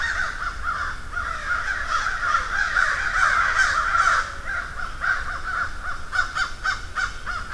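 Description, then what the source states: Crow: a dense chorus of many crows cawing together, hoarse calls running into one another, with short choppy caws near the end. Field recording of a murder (flock) of crows.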